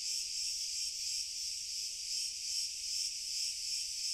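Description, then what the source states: Crickets in chorus, a steady high shimmering trill with gentle regular pulsing and no other clear sounds. Cricket chorus, very distant.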